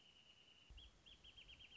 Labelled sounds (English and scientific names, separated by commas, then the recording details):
Wrentit (Chamaea fasciata)
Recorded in Sonoma County, California